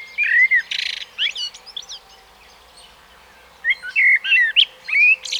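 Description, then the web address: Common blackbird song: two phrases of low fluted warbling notes, each followed by a thin, high squeaky twitter, with a short quiet gap between them. "SETE data Turdus merula"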